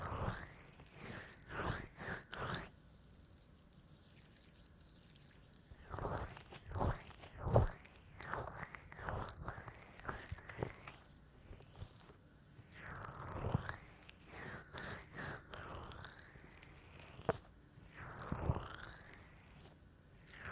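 Ear massage with lotion: wet, squelching rubs and crackly bursts come in quick clusters, with sweeping strokes that rise and fall in pitch. Sharp crunchy pops land often, especially near the start, around 7 seconds and near 18 seconds, between softer quiet stretches.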